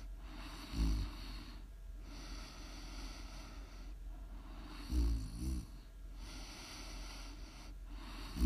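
Low-pitched ASMR snoring from an adult woman during sleep, with a few louder snorting bursts between steady breathing.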